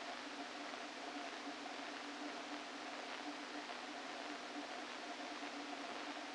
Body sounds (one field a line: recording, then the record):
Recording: brain microelectrode recording played as sound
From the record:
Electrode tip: outside the subthalamic nucleus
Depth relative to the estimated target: -3 mm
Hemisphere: left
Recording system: NeuroSet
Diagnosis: Parkinson's disease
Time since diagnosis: 13 years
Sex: male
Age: 49 years